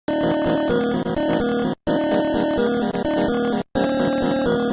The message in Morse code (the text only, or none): none